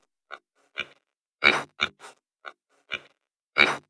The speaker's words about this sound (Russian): В таких ситуациях кабаны выстраиваются клином или в круг, прячут поросят в середину, а сами бесстрашно наступают на врага. И правда, малыши сразу в кучу сбились. А кабан ощетинился, хрюкает.